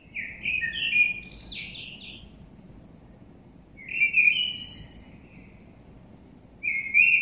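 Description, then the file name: Common blackbird: repeated mellow whistled phrases broken by high thin squeaks, spaced by pauses of a couple of seconds, over faint low background noise. "Turdus merula"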